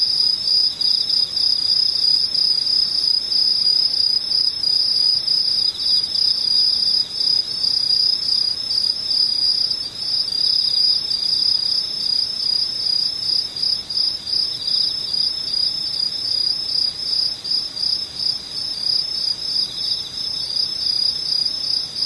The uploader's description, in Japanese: ムシ